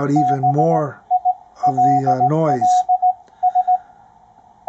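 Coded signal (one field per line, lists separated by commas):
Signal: Morse code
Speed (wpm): 17 wpm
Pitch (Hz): 730 Hz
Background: speech, radio noise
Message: BILLS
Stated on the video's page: Received on a Ten-Tec Omni VI with a Timewave DSP-9 filter reducing noise.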